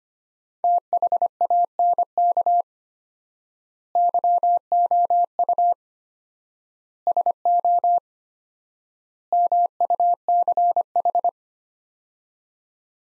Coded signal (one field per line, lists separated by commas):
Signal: Morse code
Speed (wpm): 25 wpm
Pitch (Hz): 700 Hz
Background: none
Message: THANK YOU SO MUCH